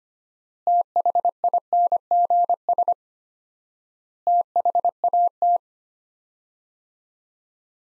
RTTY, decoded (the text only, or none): none